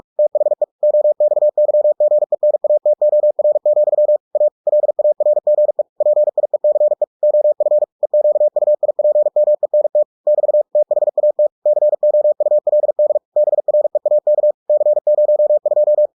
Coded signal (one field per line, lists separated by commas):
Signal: Morse code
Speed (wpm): 46 wpm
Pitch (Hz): 600 Hz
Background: none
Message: THE OXYGENATOR, A LARGE PIECE OF EQUIPMENT <BT> THAT COULD BREAK C02